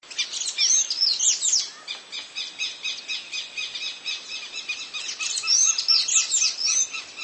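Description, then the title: Bird song: bursts of fast, complex high twittering with whistled slurs, linked by steady repeated chip notes, the loud bursts opening and closing the passage. "LuckyPassaro Completos2Sama"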